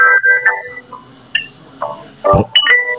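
Steady electronic telephone tones from a call to an answering machine: a few short dialing beeps and longer held ringing notes, broken by sharp clicks and a brief crackling burst, with no one speaking.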